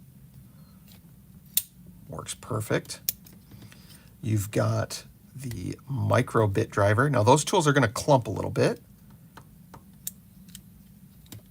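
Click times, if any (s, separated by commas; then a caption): 10.1 s. A steel micro bit driver implement, swapped into a Leatherman Signal multitool frame, is opened while someone talks. After a few faint ticks it snaps into its locked position with a sharp metallic click at 10.1 s, followed by a few quieter taps. The driver is seated and locked in place.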